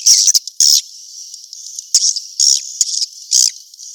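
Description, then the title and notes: Swiftlet chirps, several sharp high twittering bursts spaced irregularly, with a faint steady high hiss between them. From Asia, used in swiftlet farming to attract birds. "Swiflet Bird Sound. Farming Swiflet Bird asia"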